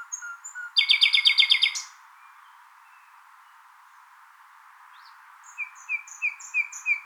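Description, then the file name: Common nightingale singing: soft whistled notes, a powerful fast rattle, then after a pause a series of clear evenly spaced chirps. "Luscinia megarhynchos"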